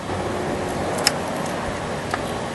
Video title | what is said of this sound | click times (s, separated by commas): How To Replace The Crankshaft Sensor 2002-2006 Nissan Altima 2.5 Liter | and I just felt it pop in there. I know you probably didn't hear it, but I could feel it as well as hear it. | 1.1 s